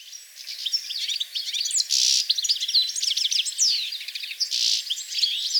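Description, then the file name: European goldfinch song: rapid tinkling twitter of high chirps, interrupted twice by brief buzzy, nasal notes. "Carduelis carduelis"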